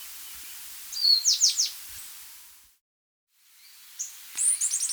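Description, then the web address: Rufous-naped brush finch giving two short bursts of high, sharp descending notes, separated by a long pause. Andean bird of South America. "Natures Songs S America Andean Birds. Rufous-Naped Brush-Finch (Atlapetes Rufinucha)"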